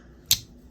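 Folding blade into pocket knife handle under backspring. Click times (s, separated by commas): 0.3 s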